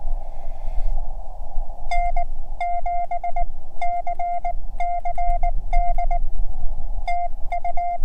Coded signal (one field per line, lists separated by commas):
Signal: Morse code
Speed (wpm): 19 wpm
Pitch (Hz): 700 Hz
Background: none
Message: N7CCD TU